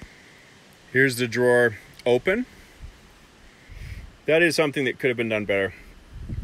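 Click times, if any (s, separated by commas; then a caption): none. A drawer slide rail lock on a camper trailer kitchen drawer is handled while the drawer is held open. Someone talks over faint outdoor rustling. Nothing has seated or clicked yet.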